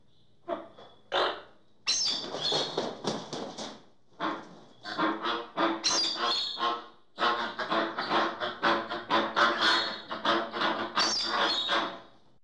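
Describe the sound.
Bird chattering in long runs of grating, squawking notes, loud and rapid, with brief quiet gaps and a few high, whistle-like squeals.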